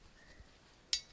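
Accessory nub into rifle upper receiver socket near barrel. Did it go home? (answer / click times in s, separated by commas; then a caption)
no / none. A metal accessory's nub is pushed into a socket on a Bear Creek Arsenal side-charging .450 Bushmaster upper receiver, and a single sharp metallic clink sounds at 0.9 s as the end of the nub strikes the barrel. Because the nub hits the barrel before it can fully seat, the accessory does not lock in place, and nothing has seated or clicked.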